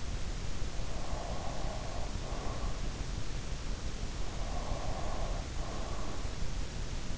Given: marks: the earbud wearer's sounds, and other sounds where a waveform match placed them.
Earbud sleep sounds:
sounds in sleep by an in-ear microphone; breath
0.76-2.70 s: breath
4.49-6.32 s: breath

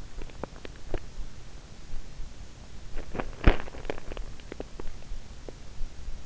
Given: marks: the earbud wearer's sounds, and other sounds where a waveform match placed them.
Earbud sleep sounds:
sounds in sleep by an in-ear microphone; teeth grinding
0.00-1.08 s: teeth grinding
2.91-5.59 s: teeth grinding

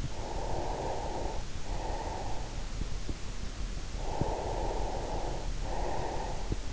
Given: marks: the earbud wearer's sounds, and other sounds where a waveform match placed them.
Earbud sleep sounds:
sounds in sleep by an in-ear microphone; breath
0.10-2.96 s: breath
4.26-6.73 s: breath

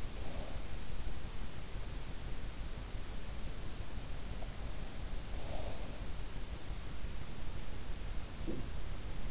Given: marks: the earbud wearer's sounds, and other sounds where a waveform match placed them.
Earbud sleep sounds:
sounds in sleep by an in-ear microphone; breath
0.00-0.85 s: breath
4.88-5.94 s: breath

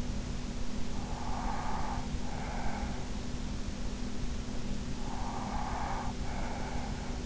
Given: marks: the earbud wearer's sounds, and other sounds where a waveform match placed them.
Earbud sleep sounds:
sounds in sleep by an in-ear microphone; breath
1.09-3.03 s: breath
4.92-7.26 s: breath

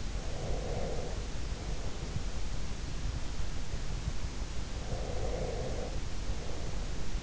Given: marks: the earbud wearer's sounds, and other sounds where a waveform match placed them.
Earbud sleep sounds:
sounds in sleep by an in-ear microphone; breath
0.32-2.30 s: breath
4.80-7.23 s: breath

